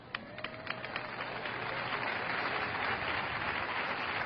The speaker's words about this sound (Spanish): Cuando aplauda, diga, el aplauso es para ti, Jesucristo.